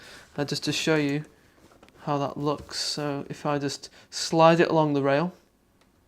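A black plastic palm rest is slid along the rail of a COUGAR 700M gaming mouse while someone talks. Nothing has seated or clicked yet; the clip ends before the part goes home, with only a faint brief sound near 5.8 s after the speech stops.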